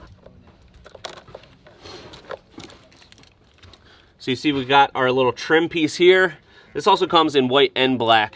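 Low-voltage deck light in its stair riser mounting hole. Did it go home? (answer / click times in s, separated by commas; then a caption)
released / 1.0 s. A low-voltage deck light is popped out of its mounting hole in a stair riser to show its trim piece, releasing with a sharp hit at 1.1 s. Softer handling crackles follow until about 2.7 s, then someone talks.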